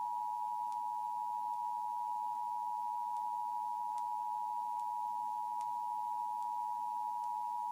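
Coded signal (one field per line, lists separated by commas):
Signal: Emergency Alert System (SAME) tones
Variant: 853 and 960 Hz attention tone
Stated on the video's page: Maine Required Monthly Test originated by MEMA and relayed to all Maine radio and TV stations, heard on WAGM.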